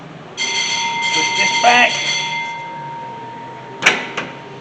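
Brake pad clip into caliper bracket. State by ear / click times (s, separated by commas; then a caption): seated / 3.9 s. Someone talks while a metal brake pad clip is clamped in at the top and pushed back into the caliper bracket of a 2011 Ford F-150's brake assembly, over a steady background of high tones. A sharp metallic knock at 3.9 s marks the clip seating back home, followed by a softer knock at 4.2 s.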